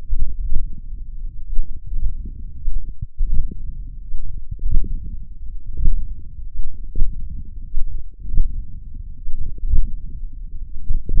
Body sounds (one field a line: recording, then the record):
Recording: forearm muscle sounds (acoustic myography)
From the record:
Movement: hand closing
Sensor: system 1, eight BSWA MPA416 microphones around the upper forearm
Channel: 8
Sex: male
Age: 42 years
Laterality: right